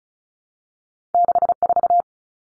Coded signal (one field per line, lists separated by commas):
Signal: Morse code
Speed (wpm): 34 wpm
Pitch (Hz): 700 Hz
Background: none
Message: 64